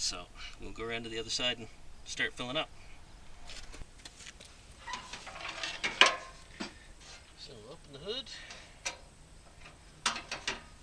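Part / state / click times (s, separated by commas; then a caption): hood prop rod into its catch on a tractor hood / seated / 10.1 s. On a Ford 3000 tractor, the hood is raised and its metal hood prop rod is set into its holder, clicking into place at 10.1 s. Someone talks at the start, then handling knocks and a loud clunk around 6.0 s are heard before the sharp click. The prop rod is seated, holding the hood open.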